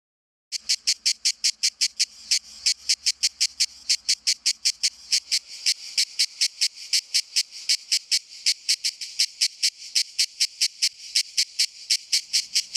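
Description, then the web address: Cicada song: a long run of rapid, evenly spaced buzzy pulses, sharp and high-pitched, with a faint low hum early on. "cicala"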